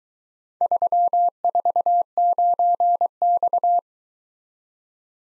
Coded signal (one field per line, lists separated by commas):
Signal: Morse code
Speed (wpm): 21 wpm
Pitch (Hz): 700 Hz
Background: none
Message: 349X